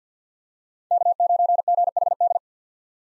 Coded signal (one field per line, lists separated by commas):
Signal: Morse code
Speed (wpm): 50 wpm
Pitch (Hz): 700 Hz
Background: none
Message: K9GHD